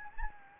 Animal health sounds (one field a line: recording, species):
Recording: mosquito wingbeat signal from an infrared sensor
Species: Anopheles gambiae